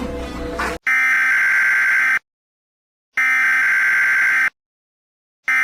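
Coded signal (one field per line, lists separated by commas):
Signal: Emergency Alert System (SAME) tones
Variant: header bursts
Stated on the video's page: Fictional Emergency Alert System scenario about a hurricane, not a real broadcast.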